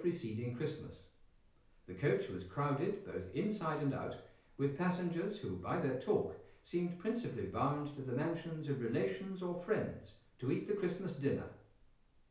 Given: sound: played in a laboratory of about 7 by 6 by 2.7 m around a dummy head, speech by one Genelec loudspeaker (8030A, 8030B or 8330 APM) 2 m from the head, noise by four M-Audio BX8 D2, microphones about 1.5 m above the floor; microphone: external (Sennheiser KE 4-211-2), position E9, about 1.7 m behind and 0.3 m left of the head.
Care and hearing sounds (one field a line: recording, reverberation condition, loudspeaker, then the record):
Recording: male speech in English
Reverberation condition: medium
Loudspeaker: 60 degrees to the right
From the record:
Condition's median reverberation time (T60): about 510 ms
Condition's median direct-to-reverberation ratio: about -0.5 dB